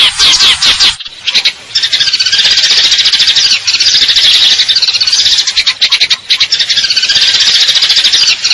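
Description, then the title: Eurasian tree sparrow calls, long sustained rattling trills, mostly steady and loud with brief dips. Fighting call with long trills and clear sound, used to train contest birds. "GEREJA TARUNG NEMBAK PANJANG SUARA JERNIH MASTERAN WAJIB BURUNG LOMBA"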